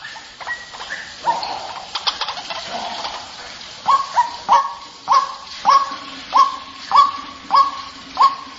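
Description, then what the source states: White-breasted waterhen calls: scattered varied chattering notes at first, then from about four seconds a steady run of short, sharp notes. Lure recording (pikat) of the white-breasted waterhen.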